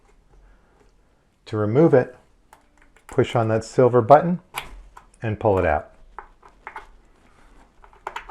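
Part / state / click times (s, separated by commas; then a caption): L-shaped cable connector into a light panel socket / not seated / none. Someone talks while handling an L-shaped cable connector at a light panel socket, releasing it with its silver button and pulling it out. Short, sharp handling taps follow the talking. Nothing has seated or clicked yet.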